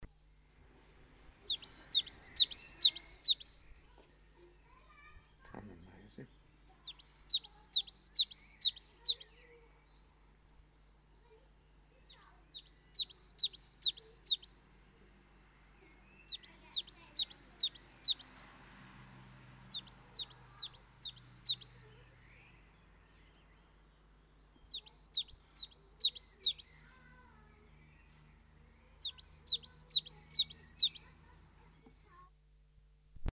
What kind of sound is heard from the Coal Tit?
song